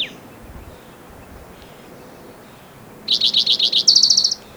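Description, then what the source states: Spotted Towhee delivers a series of repeated chirped notes that speed into a short high trill, after a few seconds of near quiet. Individual number one, recorded in Rhodes Canyon, Utah County, Utah, June 22, 2010.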